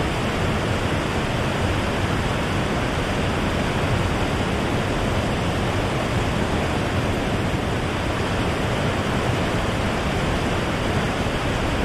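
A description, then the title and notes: A waterfall pours in a steady, dense roar with no pauses or distinct events across the whole stretch. The rushing sound is full and even, heavy in the low and middle range with a softer hiss above, and its loudness never shifts. Peaceful Waterfall Sound White Noise.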